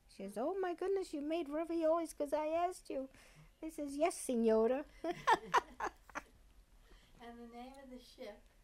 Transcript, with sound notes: She says, "Oh, my goodness, you made raviolis, because I asked you." They says, "Yes, signore!" ( they laugh )
And the name of the ship?